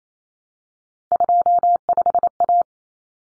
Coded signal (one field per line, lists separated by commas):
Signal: Morse code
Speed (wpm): 28 wpm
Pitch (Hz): 700 Hz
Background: none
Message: 25A